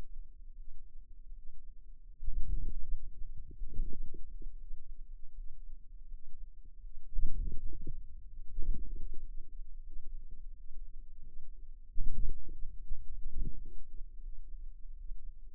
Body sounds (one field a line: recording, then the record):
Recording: forearm muscle sounds (acoustic myography)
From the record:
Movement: hand closing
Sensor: system 2, bracelet of six BSWA MPA416 microphones around the upper forearm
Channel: 3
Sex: female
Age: 23 years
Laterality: right